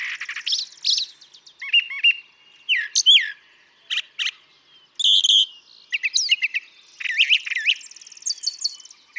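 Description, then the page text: Brown thrasher singing a varied medley of short phrases, whistles, buzzes and chirps, separated by short pauses. Song from a single male recorded for over three hours; his repertoire is estimated at about 1300 songs, including imitations of other species. "Birdsong for the Curious Naturalist. Brown thrasher"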